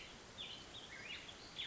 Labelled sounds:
Black-headed Grosbeak
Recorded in Sonoma County, California

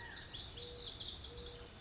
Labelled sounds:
Lazuli Bunting
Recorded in Sonoma County, California

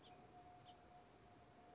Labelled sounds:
House Finch
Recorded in Sonoma County, California

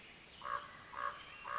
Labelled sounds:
Common Raven
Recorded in Sonoma County, California

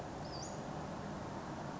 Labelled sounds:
Western Flycatcher
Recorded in Sonoma County, California

